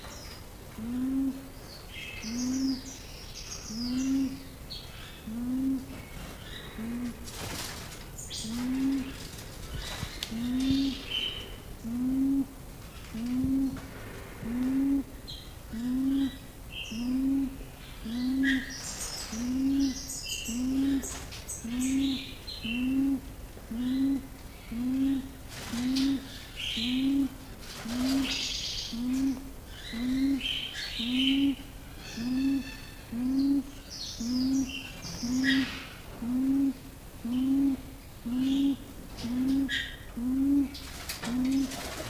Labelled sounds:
Sulawesi Ground Dove (Gallicolumba tristigmata) call

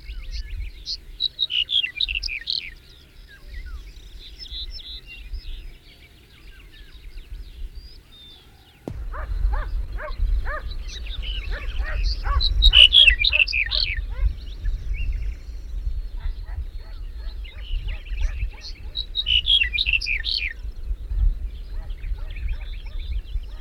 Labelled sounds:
Ortolan Bunting (Emberiza hortulana) song

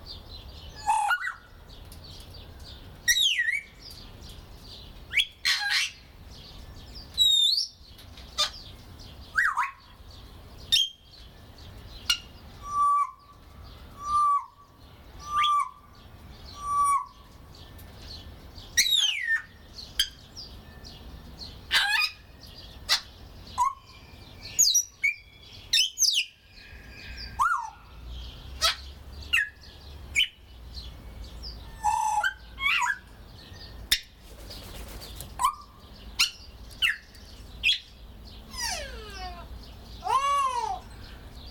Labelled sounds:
Grey Parrot (Psittacus erithacus)

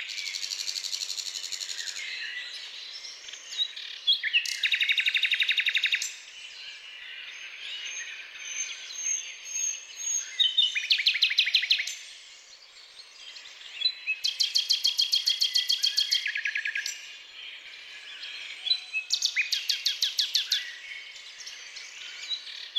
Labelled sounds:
Common Nightingale (Luscinia megarhynchos) song

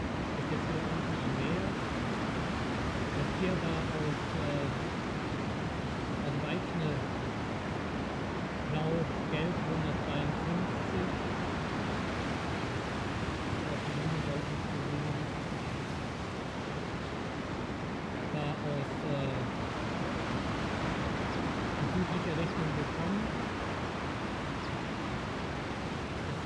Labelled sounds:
Arctic Fox (Vulpes lagopus)

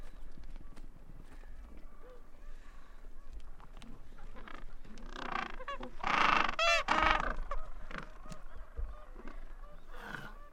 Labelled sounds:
Gentoo Penguin (Pygoscelis papua) call

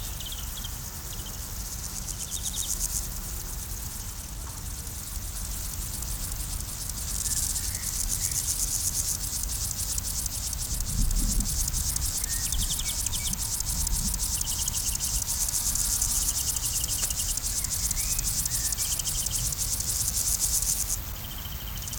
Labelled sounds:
Field Grasshopper (Chorthippus brunneus) stridulation

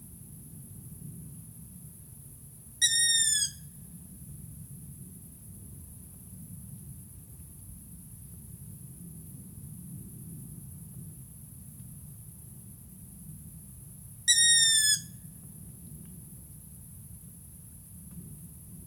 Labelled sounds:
Long-eared Owl (Asio otus) call

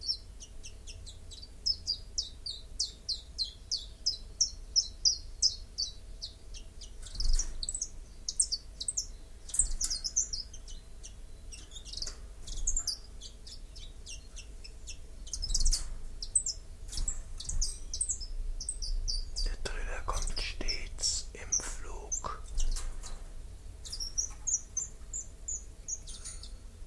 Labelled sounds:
Common Chiffchaff (Phylloscopus collybita) song

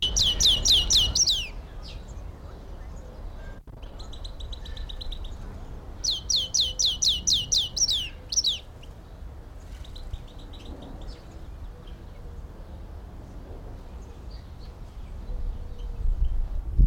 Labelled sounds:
European Goldfinch (Carduelis carduelis)

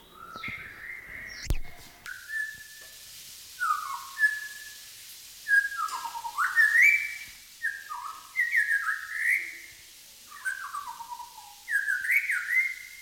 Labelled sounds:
White-rumped Shama (Copsychus malabaricus)

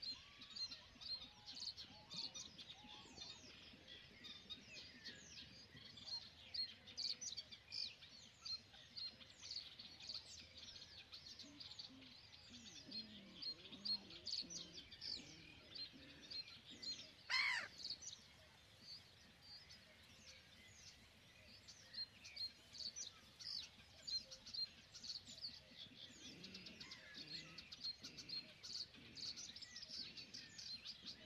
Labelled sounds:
Great Bittern (Botaurus stellaris)

